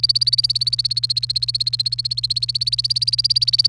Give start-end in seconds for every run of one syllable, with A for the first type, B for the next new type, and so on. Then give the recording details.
0.00-3.69 A. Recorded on 29 April 2018 at 09:14. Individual llb3